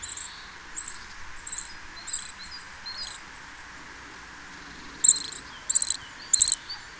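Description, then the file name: Eurasian Nuthatch calls: short high notes repeated at a steady pace, soft at first, then three louder, fuller notes near the end over a steady high hiss. "Sitta europaea"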